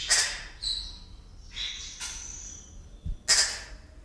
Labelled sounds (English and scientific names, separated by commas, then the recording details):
Double-toothed Barbet (Lybius bidentatus) call
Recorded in captivity
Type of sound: call
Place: Zoo Berlin, Berlin, DE
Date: 1996-02-24 12:29
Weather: heiter, -6°C
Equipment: Sony WM-D6C, Sennheiser ME 80, Kopie Uher 4000 Report Monitor
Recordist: Tembrock, Günter
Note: 3 Kurzlaute, Entfernung 5 m